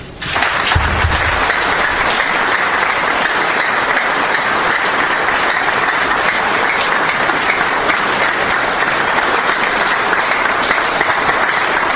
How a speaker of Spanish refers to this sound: Pero a fin de cuentas, lo que buscan ambos es fortalecer al PAN. A ellos, nuestro más sincero reconocimiento y un fuerte aplauso.